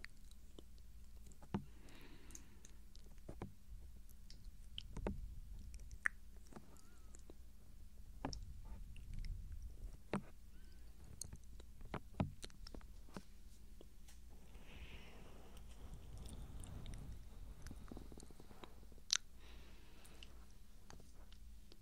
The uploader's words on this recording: ASMR Tingles Overload SOFT Ear Touching & GENTLE Mouth Sounds For Sleep.